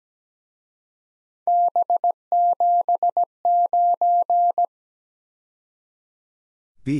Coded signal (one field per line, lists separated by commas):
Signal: Morse code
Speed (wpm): 20 wpm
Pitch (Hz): 700 Hz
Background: none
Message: B79